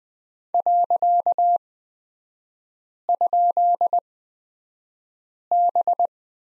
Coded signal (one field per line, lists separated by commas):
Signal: Morse code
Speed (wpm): 20 wpm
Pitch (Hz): 700 Hz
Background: none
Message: .?B